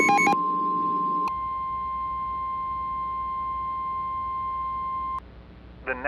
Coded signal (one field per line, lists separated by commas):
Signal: Emergency Alert System (SAME) tones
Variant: 1050 Hz attention tone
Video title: (REDUX) EF6 - a EAS Scenario